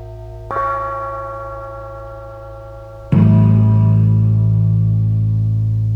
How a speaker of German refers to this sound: Silberne Glocke.